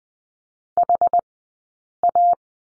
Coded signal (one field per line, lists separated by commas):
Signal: Morse code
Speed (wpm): 20 wpm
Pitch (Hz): 700 Hz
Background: none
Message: HA